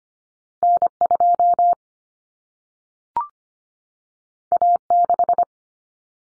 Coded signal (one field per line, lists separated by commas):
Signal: Morse code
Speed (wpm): 25 wpm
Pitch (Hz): 700 Hz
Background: none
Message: N2 A6